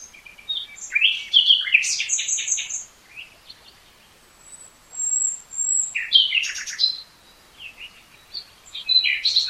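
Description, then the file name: Common nightingale singing bursts of sharp chirps and fast rattled notes, a thin drawn-out high whistle between phrases, then more abrupt varied notes. "Luscinia megarhynchos"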